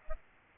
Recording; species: mosquito wingbeat signal from an infrared sensor; Aedes aegypti